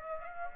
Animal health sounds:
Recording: mosquito wingbeat signal from an infrared sensor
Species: Aedes aegypti

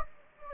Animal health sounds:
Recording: mosquito wingbeat signal from an infrared sensor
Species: Anopheles gambiae

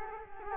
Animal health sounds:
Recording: mosquito wingbeat signal from an infrared sensor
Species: Culex quinquefasciatus

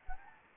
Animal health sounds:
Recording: mosquito wingbeat signal from an infrared sensor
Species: Anopheles gambiae

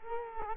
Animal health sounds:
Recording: mosquito wingbeat signal from an infrared sensor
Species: Culex quinquefasciatus

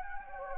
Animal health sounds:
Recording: mosquito wingbeat signal from an infrared sensor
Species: Anopheles gambiae

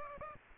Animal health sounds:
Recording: mosquito wingbeat signal from an infrared sensor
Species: Aedes aegypti

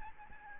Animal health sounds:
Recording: mosquito wingbeat signal from an infrared sensor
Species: Aedes albopictus

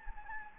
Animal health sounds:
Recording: mosquito wingbeat signal from an infrared sensor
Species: Anopheles gambiae

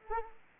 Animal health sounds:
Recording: mosquito wingbeat signal from an infrared sensor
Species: Anopheles arabiensis

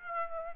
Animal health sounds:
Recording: mosquito wingbeat signal from an infrared sensor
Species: Aedes aegypti

